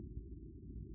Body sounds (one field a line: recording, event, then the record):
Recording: neck accelerometer signal played as sound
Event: no cough (speech, laughter, throat clearing or background)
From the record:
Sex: male